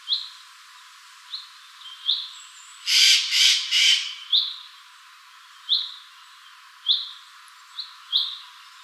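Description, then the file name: Eurasian jay producing a burst of three loud, grating screeches midway, surrounded by brief high notes repeated irregularly throughout. "Garrulus glandarius"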